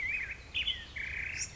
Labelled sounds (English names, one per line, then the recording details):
Black-headed Grosbeak
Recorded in Sonoma County, California